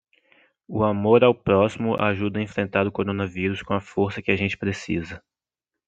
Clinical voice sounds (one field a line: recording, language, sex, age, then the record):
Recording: spoken sentence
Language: Brazilian Portuguese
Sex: male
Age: 20 to 29 years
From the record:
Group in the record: control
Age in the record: 20 years